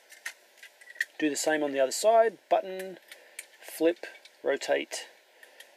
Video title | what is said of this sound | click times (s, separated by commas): Miracle Productions Vehicle Voltron Force Review ( Old review ) | then push it back down I like to push the button in before I make it snap into place just because I don't want to | 1.0 s